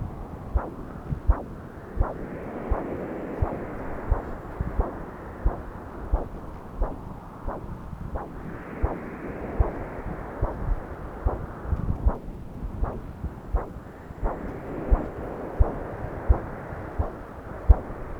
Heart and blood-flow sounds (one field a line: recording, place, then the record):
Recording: Doppler ultrasound of blood flow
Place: left subclavian vein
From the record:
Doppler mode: continuous wave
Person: adult scuba diver, at rest before a dive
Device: O'Dive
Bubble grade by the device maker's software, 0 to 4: 0